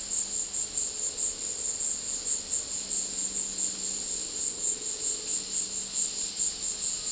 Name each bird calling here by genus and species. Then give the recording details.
none. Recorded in dense forest near Puerto Asís, Putumayo, Colombia, on 20 February 2024 at 16:00. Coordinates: 0.500, -76.322. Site G6465